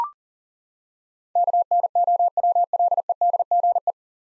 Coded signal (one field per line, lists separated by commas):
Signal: Morse code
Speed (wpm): 40 wpm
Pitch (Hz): 700 Hz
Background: none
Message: KNOWLEDGE